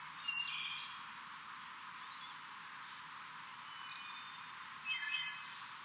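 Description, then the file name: Thrush song: short high whistled phrases appear at the start, faintly near two seconds, near four seconds and near five seconds over a steady background hiss. Recorded 28 June 2018. "20180628 thrush"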